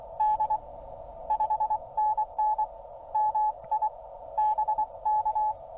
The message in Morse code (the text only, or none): D 5NN MI BK